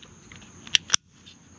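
A small plastic piece of a 2012 Ford Escape power seat switch assembly is pressed back into its housing by hand. Two sharp plastic clicks sound at 0.8 s and 0.9 s over a faint low background hiss. The piece snaps in and is seated.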